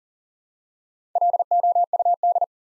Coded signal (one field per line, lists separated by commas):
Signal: Morse code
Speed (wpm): 42 wpm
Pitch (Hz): 700 Hz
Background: none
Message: LOUD